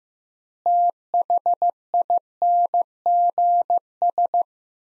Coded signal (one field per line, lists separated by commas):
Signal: Morse code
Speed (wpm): 15 wpm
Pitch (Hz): 700 Hz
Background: none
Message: THINGS